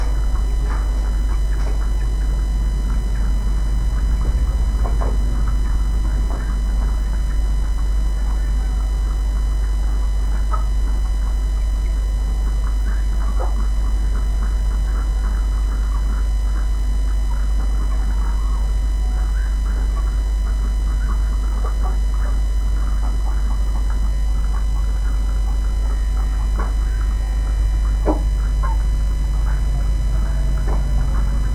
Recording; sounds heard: poultry house recording; sick chickens (respiratory disease)